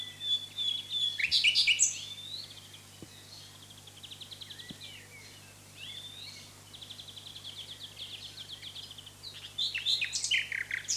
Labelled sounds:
Common Nightingale song

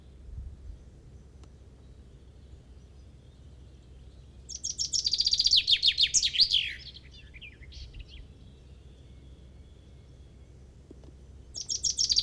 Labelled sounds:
Common Chaffinch song

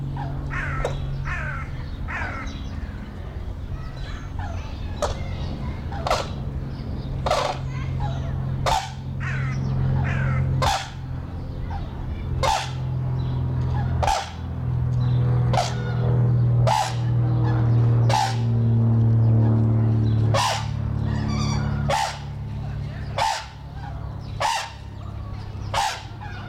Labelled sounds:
Brolga

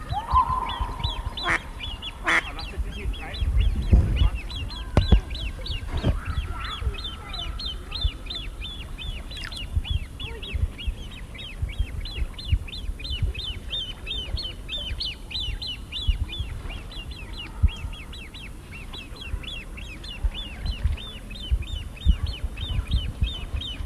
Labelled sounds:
Great Crested Grebe call

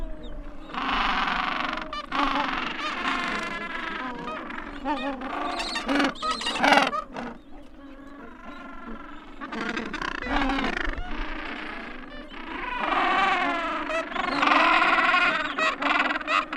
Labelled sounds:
Gentoo Penguin call

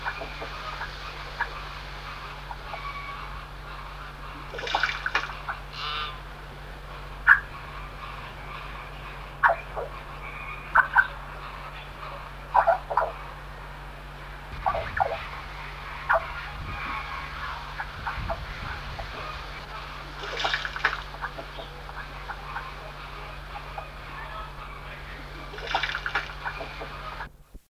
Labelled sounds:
Chestnut-headed Oropendola call

